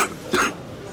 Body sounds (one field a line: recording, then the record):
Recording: coughing mixed with background sound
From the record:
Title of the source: 64 coughing, allergies, singing lungs